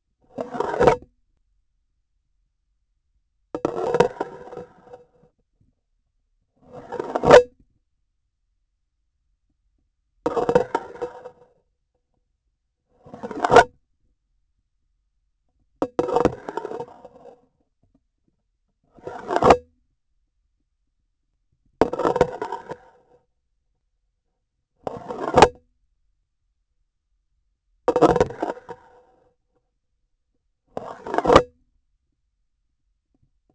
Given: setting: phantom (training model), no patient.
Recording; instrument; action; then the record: laparoscopic instrument, vibration sensor on the handle end; grasping forceps; insertion and removal through the trocar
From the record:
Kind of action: spatial motion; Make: Olympus